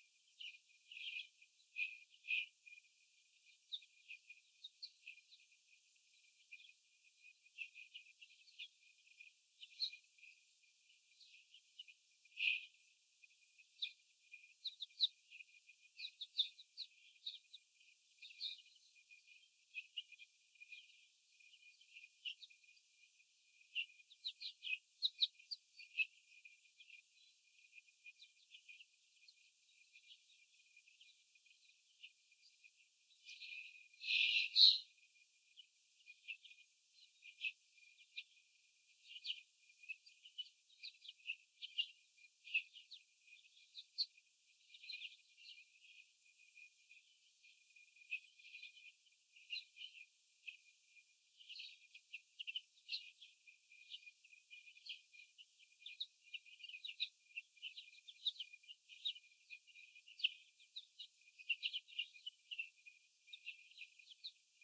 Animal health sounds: young laying hens in a cage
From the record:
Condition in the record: after the stressor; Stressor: sudden umbrella opening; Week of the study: 3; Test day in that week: 2

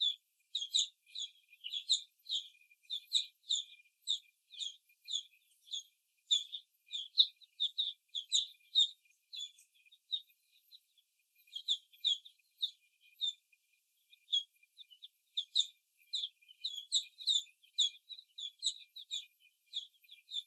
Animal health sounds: young laying hens in a cage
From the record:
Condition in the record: before the stressor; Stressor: simulated dog barking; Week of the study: 1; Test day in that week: 2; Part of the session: 3

